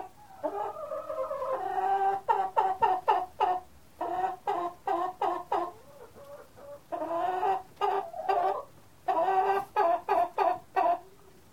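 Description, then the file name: Chicken clucks come in bursts: a drawn-out cluck, then quick runs of sharp clucks separated by brief pauses, with softer clucks between the bursts. "Sound Ideas 2000 Series - Chicken Cluck"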